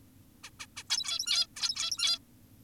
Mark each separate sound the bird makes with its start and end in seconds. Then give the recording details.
0.44-0.50, 0.60-0.66, 0.77-0.83, 0.90-1.47, 1.56-2.19. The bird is an adult. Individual g17y2U